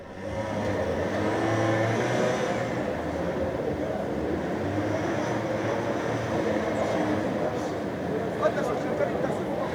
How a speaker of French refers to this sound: Quand il fait froid, les motos, elles ne servent pas. Quand il fait beau, les motos, elles tournent. Et là, un mec, quand on voit, ça résonne. Ça, c'est du bruit.